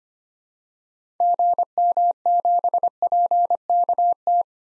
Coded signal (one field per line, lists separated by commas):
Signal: Morse code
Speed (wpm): 25 wpm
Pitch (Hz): 700 Hz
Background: none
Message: GM7PKT